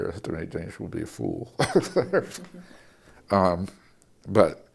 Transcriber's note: laughter